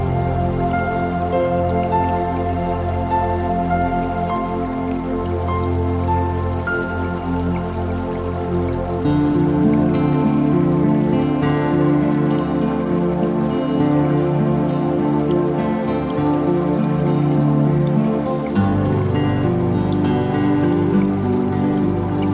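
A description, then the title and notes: Calm music with sustained low tones and steady chords, shifting around ten seconds and again near eighteen, over a continuous soft patter of water. 1 Hour Relaxing Music With Water Sounds Meditation. The sound of running water.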